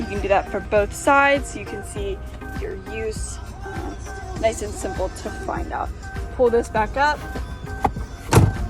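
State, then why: Seated. A third-row seat back in a 2021 Kia Sedona LX minivan is pulled back up from its stow-away floor well while someone talks over background music. Its latch clicks at 7.9 s and again at 8.3 s, and the seat locks upright into its anchor.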